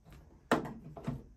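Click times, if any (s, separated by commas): 0.5 s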